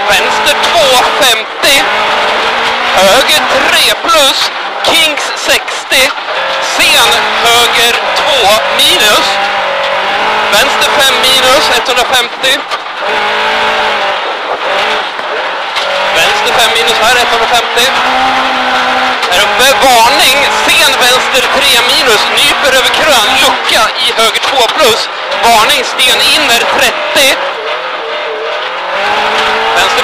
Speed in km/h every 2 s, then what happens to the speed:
82, 87, 78, 82, 81, 70, 60, 54, 73, 86, 96, 94, 75, 59, 77.
0-9 steady at about 82. 9-13 brakes to 54. 14-21 speeds up to 96. 21-25 brakes to 59.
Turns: 10-16.